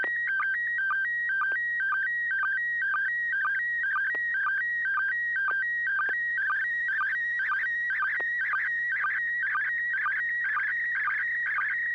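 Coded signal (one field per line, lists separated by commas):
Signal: SSTV (slow-scan television)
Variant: PD120 mode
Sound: warbling steady tones shifting in pitch, with short low clicks about twice a second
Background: low mains hum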